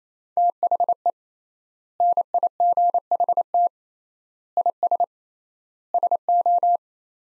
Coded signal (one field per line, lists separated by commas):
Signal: Morse code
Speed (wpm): 28 wpm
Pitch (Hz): 700 Hz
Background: none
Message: THE NIGHT IS SO